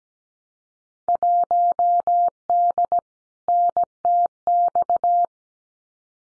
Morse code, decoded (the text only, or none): 1D NTX